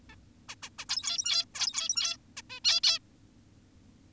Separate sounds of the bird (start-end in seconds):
0.10-0.16, 0.49-0.55, 0.63-0.70, 0.79-0.85, 0.89-1.45, 1.55-2.17, 2.37-2.42, 2.50-2.60, 2.65-2.80, 2.84-2.99